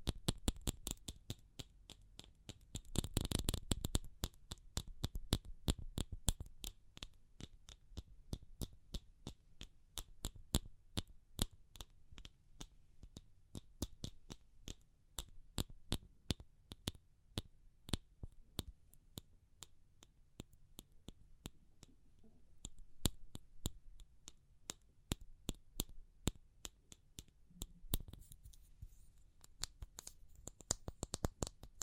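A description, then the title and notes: Sharp, dry tapping clicks shift between fast bursts and slower, sparser spells, with a dense rustling flurry near three seconds and another near twenty-eight. ASMR Pure Tapping Fast and Slow (No Talking).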